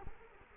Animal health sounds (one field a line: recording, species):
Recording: mosquito wingbeat signal from an infrared sensor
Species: Culex quinquefasciatus